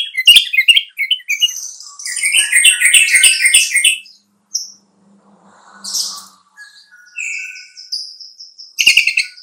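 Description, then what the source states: Sooty-headed bulbul song: a run of bubbly, chattering mid-pitched phrases, then scattered high thin notes and short pauses; a few sharp clicks. Song style called trucukan.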